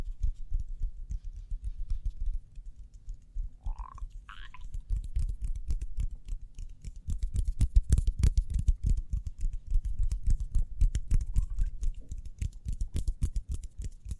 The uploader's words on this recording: ASMR Speedy Hand Sounds (No Talking).